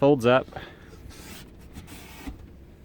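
Someone talks briefly as a fold-up office table top is raised toward its locking hinge/bracket. Only quiet handling and rubbing sounds follow, with no sharp hits. The table has not locked into place yet.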